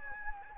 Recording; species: mosquito wingbeat signal from an infrared sensor; Anopheles gambiae